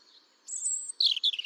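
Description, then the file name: European robin song: a sustained thin high whistle, followed by a fast, slightly descending twitter. "Erithacus rubecula"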